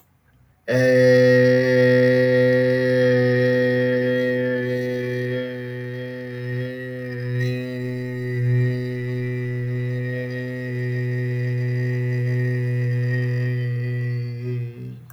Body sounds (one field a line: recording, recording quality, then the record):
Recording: sustained vowel as in made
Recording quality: excellent, no background noise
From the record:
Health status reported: healthy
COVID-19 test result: negative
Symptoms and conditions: none ticked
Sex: male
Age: 27 years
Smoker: not ticked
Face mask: not worn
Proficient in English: yes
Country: India